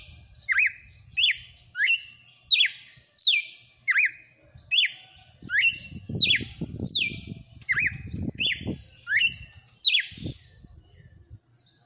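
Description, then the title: Red-cowled cardinal singing a long steady series of loud whistled phrases, each a quick swoop down and up, roughly one and a half per second, over low background knocks and rumble. Female named Fenrir, singing. "Canto Galo Campina Fêmea. Galo de campina cantando na cara do FREGUÊS - Esse é o FENRIR"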